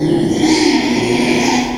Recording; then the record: squeal of a Yucatan mini pig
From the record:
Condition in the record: after surgery on the right vocal fold (resection and tissue-engineered implant); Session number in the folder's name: 2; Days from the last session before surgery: 13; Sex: male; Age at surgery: 12 weeks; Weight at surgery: 13 kg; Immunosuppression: cyclosporine, prednisolone